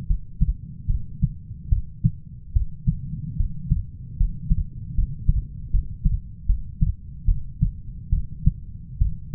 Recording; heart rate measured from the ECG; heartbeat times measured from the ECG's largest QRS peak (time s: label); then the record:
heart sounds by stethoscope; 74 bpm
0.07 s: heartbeat
0.87 s: heartbeat
1.69 s: heartbeat
2.53 s: heartbeat
3.37 s: heartbeat
4.17 s: heartbeat
4.95 s: heartbeat
5.71 s: heartbeat
6.46 s: heartbeat
7.26 s: heartbeat
8.10 s: heartbeat
8.99 s: heartbeat
From the record:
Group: healthy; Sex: female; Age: 37 years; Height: 168 cm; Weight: 70 kg